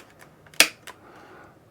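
The tail section of a foam RC plane is pushed into the fuselage and guided into a small trough, with a few faint taps before one loud, sharp snap at 0.6 s. A softer tap follows near 0.9 s, then quiet. The tail piece is seated in place.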